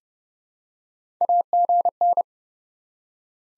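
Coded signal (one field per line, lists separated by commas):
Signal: Morse code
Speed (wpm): 30 wpm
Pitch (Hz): 700 Hz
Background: none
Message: AGN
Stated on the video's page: Morse practice of QSO elements at 30 wpm for head-copy, each element sent in code, then spoken, then sent again.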